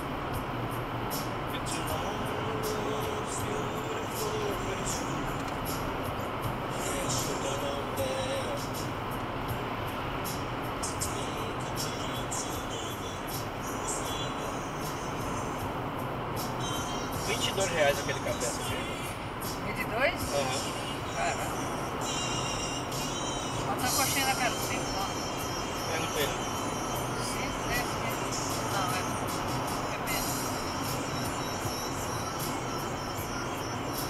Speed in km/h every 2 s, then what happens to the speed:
145, 144, 144, 142, 141, 136, 132, 130, 128, 132, 137, 142, 145, 144, 138, 133, 132.
0-15 slows to 128. 15-24 speeds up to 145. 24-34 slows to 132.